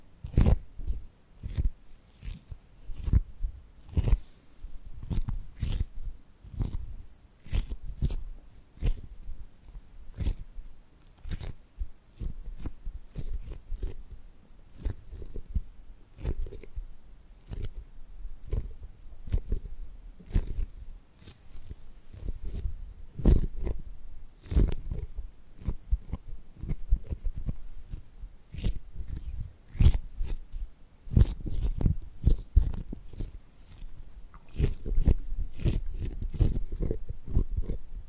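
Tapping and gripping sounds come as a dense stream of short, sharp clicks and snips, irregular but nearly continuous for the whole stretch. Some hits carry a dull low thump, and busier clusters build up near the end.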